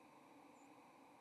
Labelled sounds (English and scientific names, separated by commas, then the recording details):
White-throated Sparrow (Zonotrichia albicollis) flight call
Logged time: 07:44 on 30 October 2014